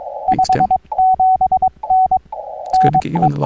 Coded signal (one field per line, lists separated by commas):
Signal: Morse code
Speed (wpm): 21 wpm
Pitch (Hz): 750 Hz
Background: speech, radio noise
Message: 57N NE